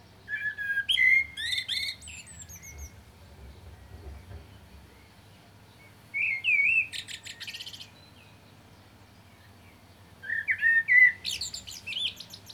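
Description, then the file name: Common blackbird song repeated three times, each a short mellow warble closing in a scratchy high flourish, with long quiet gaps between phrases. "Turdus merula"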